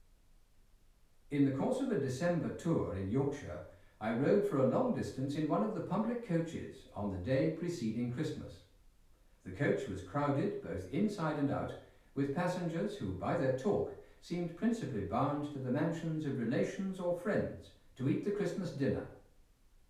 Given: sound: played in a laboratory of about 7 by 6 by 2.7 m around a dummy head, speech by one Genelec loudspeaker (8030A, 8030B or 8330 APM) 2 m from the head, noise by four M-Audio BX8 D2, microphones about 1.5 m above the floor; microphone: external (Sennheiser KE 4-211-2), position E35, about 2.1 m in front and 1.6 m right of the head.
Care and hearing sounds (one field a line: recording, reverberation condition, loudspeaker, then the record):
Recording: male speech in English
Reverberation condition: medium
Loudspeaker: 150 degrees to the right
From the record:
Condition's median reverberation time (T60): about 510 ms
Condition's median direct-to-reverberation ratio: about -0.5 dB